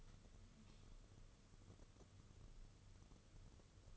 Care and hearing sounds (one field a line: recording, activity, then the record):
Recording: daily activity, microphone in the room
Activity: light on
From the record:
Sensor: 4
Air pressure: 995.3 hPa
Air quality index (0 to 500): 212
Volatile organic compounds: 231 ppm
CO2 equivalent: 4308 ppm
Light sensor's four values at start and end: 8/18/7/8 and 8/18/7/8